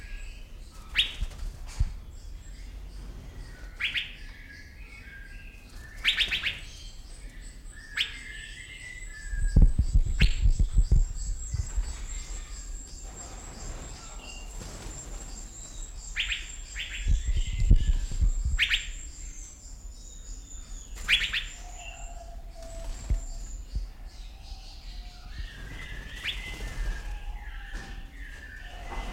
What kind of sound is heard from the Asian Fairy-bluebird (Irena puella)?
call